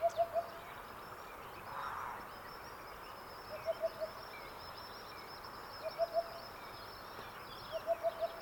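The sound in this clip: Cuckoo calling in quick runs of three or four even, mellow hooted notes, repeated every few seconds over steady background hiss.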